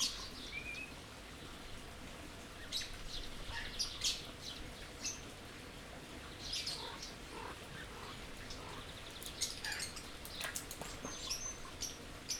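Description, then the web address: Birds chirping intermittently, with thin high notes and a brief short whistle, some calls scattered and quiet against background noise. Birds in an aviary at Jászberény Zoo, recorded in 2016. "allathangok jaszberenyizoo 2016 madarak ropde"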